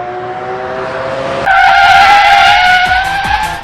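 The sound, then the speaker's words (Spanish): A car arrives to pick people up, with a loud, sustained screech of skidding tires, a steady high-pitched squeal that jumps louder and rougher partway through as the engine roars underneath. “Nos va a pasar a buscar en coche el José”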